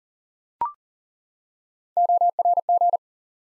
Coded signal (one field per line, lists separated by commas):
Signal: Morse code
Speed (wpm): 42 wpm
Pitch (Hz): 700 Hz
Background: none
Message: ORG